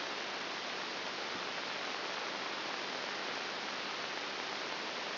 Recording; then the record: brain microelectrode recording played as sound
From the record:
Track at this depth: outside the subthalamic nucleus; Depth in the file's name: 0.304 mm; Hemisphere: right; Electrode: 3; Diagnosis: Parkinson's disease